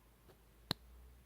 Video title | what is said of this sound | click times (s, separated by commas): 가성비 좋은 진하오 스폐셜리스트 만년필 992 (jinhao 992 fountain pen ) | 이렇게 딱 소리가 나면서 꼽혀요. | 0.7 s